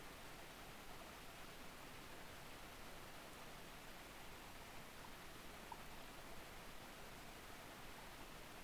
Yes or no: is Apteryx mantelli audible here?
no